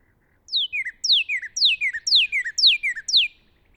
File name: Northern Cardinal